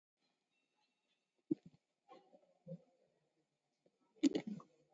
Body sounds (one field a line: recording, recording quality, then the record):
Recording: shallow breathing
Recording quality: poor, much background noise or distortion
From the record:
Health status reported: COVID-19 positive, moderate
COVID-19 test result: positive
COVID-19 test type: RT-PCR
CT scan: taken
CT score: 6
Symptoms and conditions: cough, cold, fever, fatigue, diarrhoea, diabetes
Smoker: no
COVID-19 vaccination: none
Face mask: worn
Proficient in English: yes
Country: India